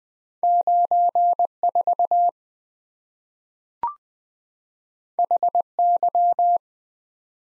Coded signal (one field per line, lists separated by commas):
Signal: Morse code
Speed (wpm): 20 wpm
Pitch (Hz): 700 Hz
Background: none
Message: 94 HY